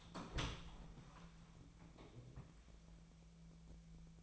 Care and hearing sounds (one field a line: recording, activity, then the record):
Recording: daily activity, microphone in the room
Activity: open door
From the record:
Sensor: 1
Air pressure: 1000.6 hPa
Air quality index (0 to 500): 184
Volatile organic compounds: 4 ppm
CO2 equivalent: 1700 ppm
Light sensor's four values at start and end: 11/27/11/13 and 12/28/11/13